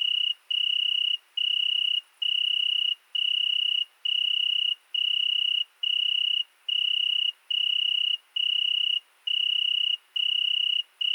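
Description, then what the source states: Italian tree cricket giving a clear, continuous trilling song in regular pulses under a second long with short gaps between them, nothing else audible. Night, 22:30, 13 August 2020, Fourcinet ValMaravel; single cricket singing for two nights in Virginia creeper beneath a window; recorded with Nagra Seven and MKH40 cardioid microphone.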